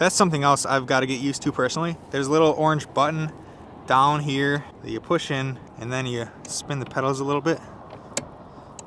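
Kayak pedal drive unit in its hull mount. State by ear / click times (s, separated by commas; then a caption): released / 8.2 s. Someone talks while pushing in a small orange release button on the pedal drive of a FeelFree Lure 13.5 pedal kayak and spinning the pedals a little. A sharp click at 8.2 s marks the pedal drive lock releasing in its hull mount so the drive can be lifted out of its well, followed by a fainter tick at 8.8 s.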